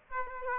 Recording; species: mosquito wingbeat signal from an infrared sensor; Aedes aegypti